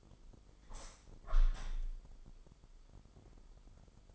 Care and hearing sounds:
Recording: daily activity, microphone in the room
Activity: open window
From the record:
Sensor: 5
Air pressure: 995.9 hPa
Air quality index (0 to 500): 105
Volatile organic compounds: 7 ppm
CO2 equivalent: 2034 ppm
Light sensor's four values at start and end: 40/97/39/41 and 40/97/39/41

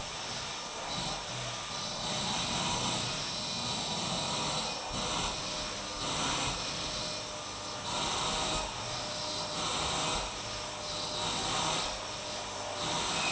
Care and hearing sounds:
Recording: daily activity, microphone in the room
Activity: vacuum cleaning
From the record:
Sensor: 1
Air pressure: 991.0 hPa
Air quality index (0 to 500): 118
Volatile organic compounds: 173 ppm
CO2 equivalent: 4118 ppm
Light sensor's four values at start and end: 19/46/19/21 and 19/45/19/20

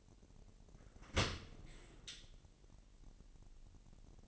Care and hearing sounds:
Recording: daily activity, microphone in the room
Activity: open dishwasher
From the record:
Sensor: 4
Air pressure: 1001.4 hPa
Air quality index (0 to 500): 248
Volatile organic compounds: 42 ppm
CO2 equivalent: 3185 ppm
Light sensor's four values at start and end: 8/18/7/6 and 8/17/6/6

